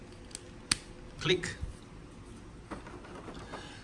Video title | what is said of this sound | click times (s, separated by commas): Bandai Metal Build Gunbarrel Striker Review | in over here click | 0.3 s, 0.7 s